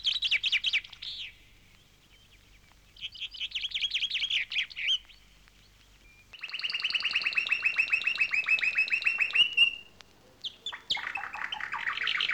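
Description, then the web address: Bird song in several trilled phrases, including a long rapid trill of about three seconds, followed by a varied, warbling phrase. "audio animali uccelli 03 uccelli birds 08"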